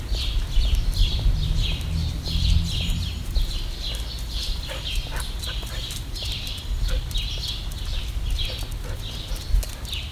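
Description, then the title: Bird giving rapid high chirps, nearly continuous, over a constant low rumble with occasional clicks. "Birds Chirping Meditation"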